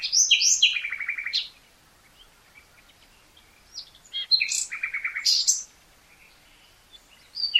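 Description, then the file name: Common nightingale song: a rich phrase ending in a rattling series, a quiet gap, then another varied phrase of whistles and rattles. "Luscinia megarhynchos"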